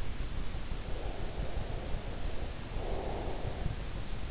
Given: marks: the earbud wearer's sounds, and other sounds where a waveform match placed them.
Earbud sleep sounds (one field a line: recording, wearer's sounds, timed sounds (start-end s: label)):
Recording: sounds in sleep by an in-ear microphone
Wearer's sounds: breath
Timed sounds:
0.48-4.23 s: breath